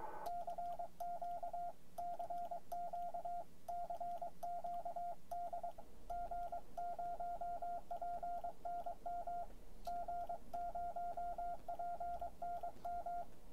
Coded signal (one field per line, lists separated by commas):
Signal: Morse code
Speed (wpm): 22 wpm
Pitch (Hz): 700 Hz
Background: radio noise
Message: CQ CQ CQD G0PNM G0PNM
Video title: G0PNM's Keys #17 The Begali Magnetic Classic